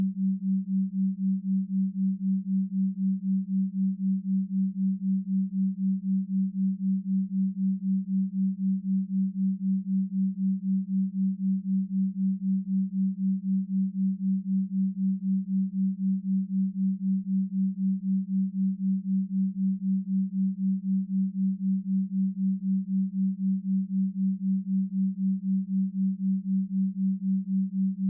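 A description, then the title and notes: A binaural beat built from two pure tones at 174Hz and 177.6Hz hums steadily throughout, low and smooth with nothing else present. Its loudness pulses gently at a regular, rapid rate of about three to four times per second, unchanging from start to finish. 3.6 Hz Delta | 174Hz & 177.6Hz Binaural beat ASMR. 3.6Hz Delta Waves and 174Hz Binaural ASMR Frequencies.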